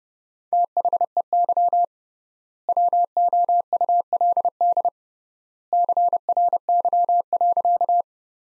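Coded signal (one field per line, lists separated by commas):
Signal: Morse code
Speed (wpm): 29 wpm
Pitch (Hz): 700 Hz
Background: none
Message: THEY WOULD CRY.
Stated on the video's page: Morse practice sentences from the top 500 words at 30 wpm with 3x word spacing, a Farnsworth-like method.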